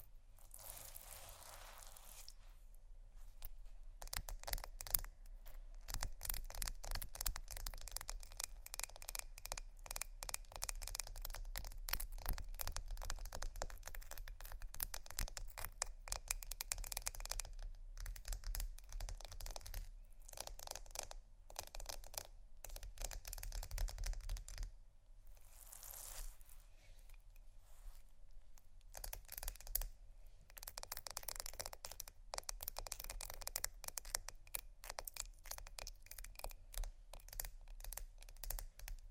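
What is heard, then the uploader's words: Ice being scratched and tapped in a dense, fast run of small clicks and scrapes that continues for nearly the whole 39 seconds. Brief pauses come near the start, around 25 seconds and again near 29 seconds, and a low rumble sits underneath throughout. Ice Scratch & Tap. No Talking.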